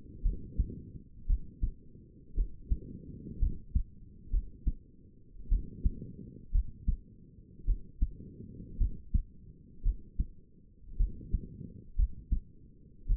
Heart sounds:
heart sounds by stethoscope; 56 bpm
0.23 s: heartbeat
1.27 s: heartbeat
2.35 s: heartbeat
3.40 s: heartbeat
4.31 s: heartbeat
5.49 s: heartbeat
6.52 s: heartbeat
7.66 s: heartbeat
8.78 s: heartbeat
9.83 s: heartbeat
10.98 s: heartbeat
11.96 s: heartbeat
13.07 s: heartbeat
From the record:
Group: healthy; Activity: cold pressor test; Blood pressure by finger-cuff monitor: 115/70 mmHg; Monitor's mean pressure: 85 mmHg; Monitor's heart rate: 57 bpm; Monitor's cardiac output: 5.1 L/min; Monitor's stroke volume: 92 mL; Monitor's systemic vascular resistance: 1200 dyn s/cm5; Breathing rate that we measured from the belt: 22 breaths a minute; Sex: female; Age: 28 years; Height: 170 cm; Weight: 77 kg

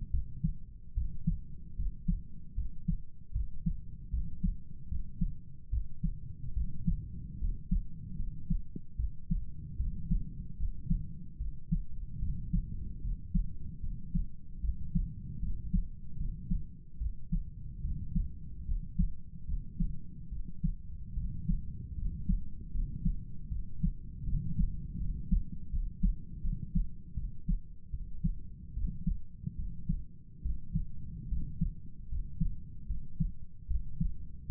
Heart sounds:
heart sounds by stethoscope; 75 bpm
0.11 s: heartbeat
0.94 s: heartbeat
1.76 s: heartbeat
2.55 s: heartbeat
3.33 s: heartbeat
4.11 s: heartbeat
4.88 s: heartbeat
5.70 s: heartbeat
6.54 s: heartbeat
7.39 s: heartbeat
8.17 s: heartbeat
8.96 s: heartbeat
9.77 s: heartbeat
10.57 s: heartbeat
11.38 s: heartbeat
12.20 s: heartbeat
13.02 s: heartbeat
13.81 s: heartbeat
14.61 s: heartbeat
15.40 s: heartbeat
16.18 s: heartbeat
16.98 s: heartbeat
17.82 s: heartbeat
18.66 s: heartbeat
19.46 s: heartbeat
20.30 s: heartbeat
21.15 s: heartbeat
21.96 s: heartbeat
22.72 s: heartbeat
23.49 s: heartbeat
24.25 s: heartbeat
24.98 s: heartbeat
25.70 s: heartbeat
26.42 s: heartbeat
27.15 s: heartbeat
27.91 s: heartbeat
28.74 s: heartbeat
29.57 s: heartbeat
30.43 s: heartbeat
31.29 s: heartbeat
32.09 s: heartbeat
32.87 s: heartbeat
33.68 s: heartbeat
34.47 s: heartbeat
From the record:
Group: healthy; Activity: rest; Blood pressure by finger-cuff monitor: 114/64 mmHg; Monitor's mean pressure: 77 mmHg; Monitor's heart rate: 75 bpm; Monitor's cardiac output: 7.5 L/min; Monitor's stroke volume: 100 mL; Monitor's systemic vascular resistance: 730 dyn s/cm5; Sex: male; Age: 35 years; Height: 180 cm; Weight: 86.9 kg

